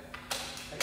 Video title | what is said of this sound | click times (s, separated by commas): How to safely use a telescopic ladder | You can hear it clicking into position. | 0.2 s, 0.3 s, 0.8 s